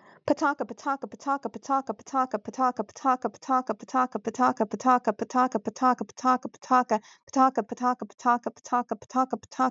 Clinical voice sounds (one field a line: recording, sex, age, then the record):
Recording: repeated syllables /pa ta ka/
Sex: female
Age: 30 to 39 years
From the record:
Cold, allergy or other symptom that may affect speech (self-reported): no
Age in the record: 38 years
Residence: Ohio, United States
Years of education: 12